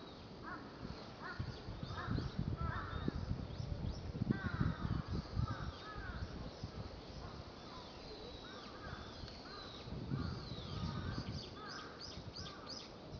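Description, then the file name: Birds calling: harsh caw-like calls and many short chirps over low background noise. Recorded at Meiji Shrine, Tokyo. "tokyo mejii birds"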